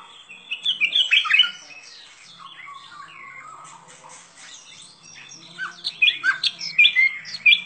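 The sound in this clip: Bird song with loud, sharp chirped notes at the start and end, separated by quieter scattered twitters.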